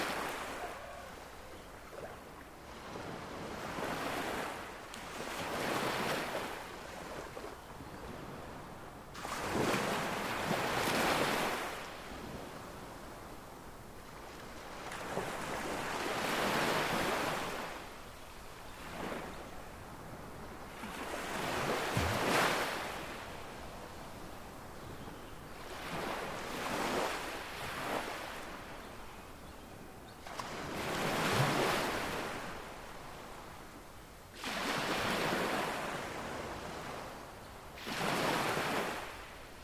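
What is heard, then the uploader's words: Ocean waves wash onto the shoreline in a steady rhythm, a soft hiss swelling and fading about every four to six seconds. The surges are gentle, with a low rumble beneath and a faint wind murmur between breakers. Calm Relaxing Ocean Waves by the Shoreline. Listen to these soothing ocean waves coming to shore.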